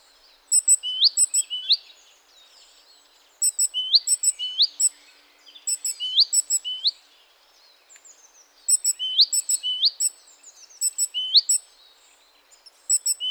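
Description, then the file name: Great tit song: clusters of very high ticking notes with rising phrases, repeated in several bursts with pauses between groups. "Parus major"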